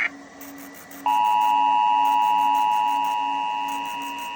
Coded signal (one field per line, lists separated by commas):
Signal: Emergency Alert System (SAME) tones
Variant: 853 and 960 Hz attention tone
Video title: Emergency Alert System Flash Flood Warning for Arroyo & Guayama PR until 7:00am 8-abr-2023